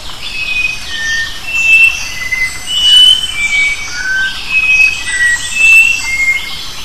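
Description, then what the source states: Sooty-capped babbler giving pure, level whistles in an uneven series of roughly one note a second, over a constant hissing background. Recorded on 23 January 2005.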